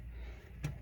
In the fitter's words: It'll snap in place. There we go.